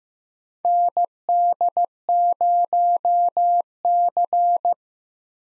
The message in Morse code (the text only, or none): ND0C